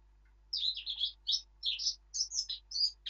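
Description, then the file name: Eurasian blackcap singing a fast, continuous string of rich, varied warbled notes. "Sylvia atricapilla"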